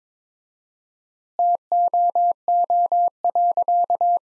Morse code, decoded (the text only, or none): TOO.